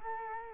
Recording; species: mosquito wingbeat signal from an infrared sensor; Culex quinquefasciatus